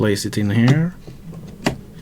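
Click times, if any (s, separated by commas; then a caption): 1.7 s. Someone talks, then an M.2 NVMe SSD with its own heatsink is pushed into the motherboard's M.2 slot. A short, sharp click sounds at 1.7 s as the drive seats, and it then lies on top of the standoff.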